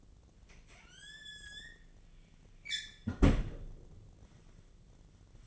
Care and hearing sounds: daily activity, microphone in the room; close fridge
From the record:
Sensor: 4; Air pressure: 1010.5 hPa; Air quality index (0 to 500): 178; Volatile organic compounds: 5 ppm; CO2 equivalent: 1801 ppm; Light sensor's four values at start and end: 27/81/32/32 and 33/97/38/38

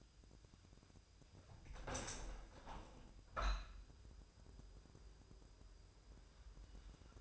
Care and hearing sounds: daily activity, microphone in the room; open window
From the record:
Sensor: 2

